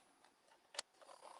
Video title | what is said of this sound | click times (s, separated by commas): Embroidery's BIGGEST Event! 🎉 Live Demos, Machine Deals & Prizes - Hoop Fest 2025 | You kind of feel hear it and feel it click. | 0.8 s